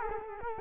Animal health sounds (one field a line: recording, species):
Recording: mosquito wingbeat signal from an infrared sensor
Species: Culex quinquefasciatus